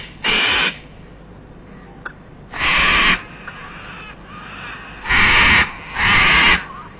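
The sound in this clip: Cockatoo screeching: four loud, harsh, rasping shrieks, each under a second long, spaced unevenly.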